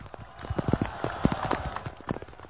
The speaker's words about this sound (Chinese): 我们非常感谢大家在滂沱大雨之下仍然是毫不畏惧坚持集会的完成，多谢大家，给点掌声大家。